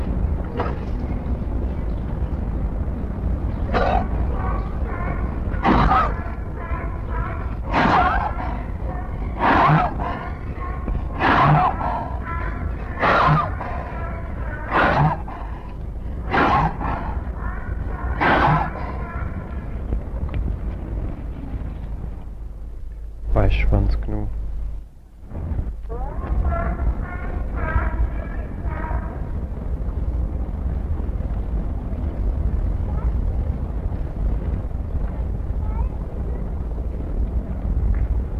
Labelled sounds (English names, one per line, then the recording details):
Black Wildebeest call
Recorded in captivity
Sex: male
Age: adult
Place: Zoo Berlin, Berlin, DE
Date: 1961-03-18 16:00
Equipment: Minifon, Kopie Smaragd
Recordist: Tembrock, Günter